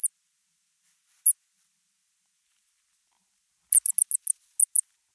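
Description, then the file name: Shrew calls: a lone high chirp or two, then a rapid run of about seven sharp squeaks near the end. "salamandre musaraigne"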